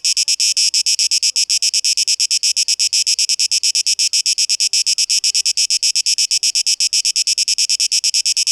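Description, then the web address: Cicada song: a loud, high, hissing buzz broken into rapid pulses, steady throughout with nothing else audible. 12 August 2023. "rauschpartikel Audio 2023-08-12 Zikaden"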